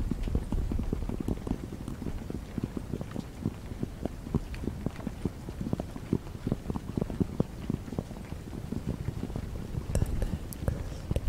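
Fast, gentle tapping runs steadily throughout, dense and irregular with soft low thuds and occasional brighter clicks, briefly sharper near ten seconds.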